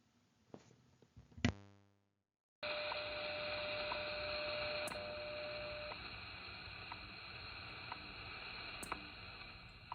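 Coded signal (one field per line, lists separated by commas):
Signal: radio time signal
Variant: WWV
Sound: static-filled shortwave audio with a steady 600 Hz tone and soft ticks each second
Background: radio static, tuning clicks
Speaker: so let's listen this recording was made at 7 p.m in Texas after the sun had gone down [Music] at the tone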